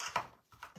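The female half of a metal bag clasp is test-closed onto the male half on a fabric bag, before being fixed through slits in stiffened fabric, to check that it engages. A sharp metallic snap at 0.0 s is followed by further brief clicks and handling noises around 0.2, 0.5 and 0.6 s. The clasp snaps shut and engages, sitting well.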